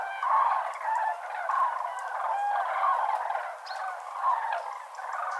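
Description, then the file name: Common cranes in full chorus, many resonant trumpeting calls crowding over one another, with a few clearer rolling notes standing out. Several common cranes at the Villeneuve viewpoint, Arjuzanx, France. "grues cendrees Vision de Villeneuve Arjuzanx F"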